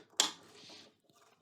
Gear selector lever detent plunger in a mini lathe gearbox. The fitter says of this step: reverse feed position so that works really nicely that kind of slots and locked into place now